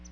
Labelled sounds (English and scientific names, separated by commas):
Palm Warbler (Setophaga palmarum) flight call